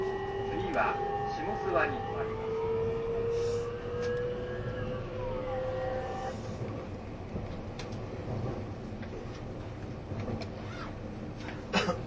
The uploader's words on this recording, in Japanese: E257系 あずさ19号03 甲府～松本。E257系、あずさ19号を収録したものです。